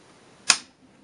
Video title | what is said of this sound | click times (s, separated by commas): Bulgarian Circle 10 AK Bayonet: Overview on SLR-101s | there you heard the click that's actually locking into the bayonet lug itself which means that you have a positive fit on there | 0.5 s